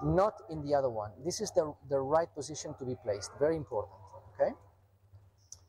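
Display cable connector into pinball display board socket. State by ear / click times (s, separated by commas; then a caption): seated / 5.5 s. Someone talks while a ribbon display cable connector is inserted in the correct orientation into the socket on a pinball screen display board. A small, sharp click is heard at 5.5 s as the connector seats.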